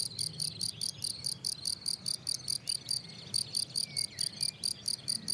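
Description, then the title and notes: Field cricket chirping steadily, short shrill pulsed bursts in regular succession. Lone, fairly isolated individual singing rhythmically on the plateau de Lesches en Diois, France; 27 June 2018, 10:00, hot day already 23°C; Nagra Seven recorder with MKH8040 microphone. "Un grillon champêtre. plateau de Lesches en Diois"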